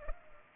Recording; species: mosquito wingbeat signal from an infrared sensor; Culex pipiens